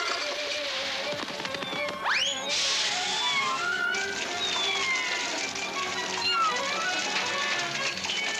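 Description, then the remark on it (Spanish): A kitten drowning in water in a Disney cartoon short with Pluto mews in thin, high-pitched cries, one sharply rising wail standing out, with shorter squeaky calls scattered over a steady hissing, splashy background. “¡Salva al pobre gatito!”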